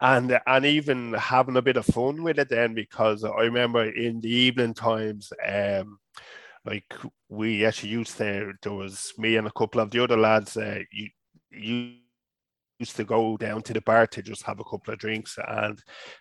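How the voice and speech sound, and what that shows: An adult man with a low voice, a person who stutters, speaks casually, with stretched sounds on words like "and" and "um", silent blocks, and a broken restart on "you used to". These mild prolongations and blocks fit stuttering. He has been through stuttering therapy, including voluntary stammering.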